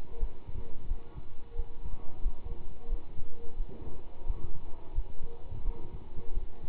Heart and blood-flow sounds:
heart sounds by stethoscope; between the tricuspid and mitral areas; 88 bpm
0.18 s: heartbeat
0.86 s: heartbeat
1.54 s: heartbeat
2.20 s: heartbeat
2.87 s: heartbeat
3.56 s: heartbeat
4.25 s: heartbeat
4.93 s: heartbeat
5.63 s: heartbeat
6.33 s: heartbeat
From the record:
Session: pedaling a stationary bicycle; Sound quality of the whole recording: good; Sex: male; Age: 27 years

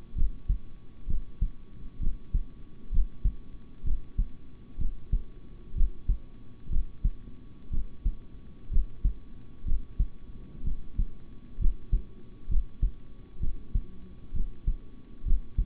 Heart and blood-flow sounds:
heart sounds by stethoscope; between the tricuspid and mitral areas; 64 bpm
0.15 s: heartbeat
1.07 s: heartbeat
2.00 s: heartbeat
2.91 s: heartbeat
3.83 s: heartbeat
4.78 s: heartbeat
5.74 s: heartbeat
6.69 s: heartbeat
7.70 s: heartbeat
8.70 s: heartbeat
9.65 s: heartbeat
10.64 s: heartbeat
11.58 s: heartbeat
12.48 s: heartbeat
13.40 s: heartbeat
14.33 s: heartbeat
15.24 s: heartbeat
From the record:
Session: rest, sitting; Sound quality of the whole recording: good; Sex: male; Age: 26 years

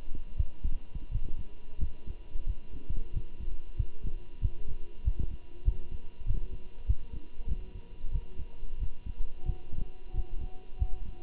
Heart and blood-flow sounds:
heart sounds by stethoscope; between the tricuspid and mitral areas; 92 bpm
0.38 s: heartbeat
1.12 s: heartbeat
1.80 s: heartbeat
2.47 s: heartbeat
3.14 s: heartbeat
3.78 s: heartbeat
4.42 s: heartbeat
5.05 s: heartbeat
5.65 s: heartbeat
6.27 s: heartbeat
6.87 s: heartbeat
7.48 s: heartbeat
8.12 s: heartbeat
8.80 s: heartbeat
9.46 s: heartbeat
10.14 s: heartbeat
10.80 s: heartbeat
From the record:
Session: walking at 3.7 km/h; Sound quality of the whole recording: good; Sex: male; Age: 23 years

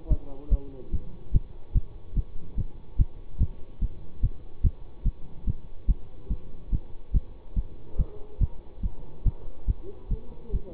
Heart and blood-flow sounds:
heart sounds by stethoscope; between the tricuspid and mitral areas; 144 bpm
0.10 s: heartbeat
0.51 s: heartbeat
0.93 s: heartbeat
1.34 s: heartbeat
1.75 s: heartbeat
2.16 s: heartbeat
2.58 s: heartbeat
2.99 s: heartbeat
3.40 s: heartbeat
3.82 s: heartbeat
4.23 s: heartbeat
4.64 s: heartbeat
5.05 s: heartbeat
5.47 s: heartbeat
5.88 s: heartbeat
6.30 s: heartbeat
6.72 s: heartbeat
7.14 s: heartbeat
7.56 s: heartbeat
7.99 s: heartbeat
8.41 s: heartbeat
8.83 s: heartbeat
9.26 s: heartbeat
9.68 s: heartbeat
10.11 s: heartbeat
10.53 s: heartbeat
From the record:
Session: bicycle stress test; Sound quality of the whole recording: good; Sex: male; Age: 24 years

